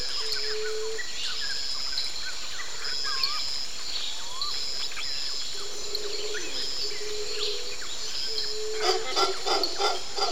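Birds call through the wet jungle over a steady bed of high insect drone. Sliding whistles, short chirps and a low held hoot overlap throughout, with a few sharper rising notes. Near the end, a burst of rapid, clattering calls stands out.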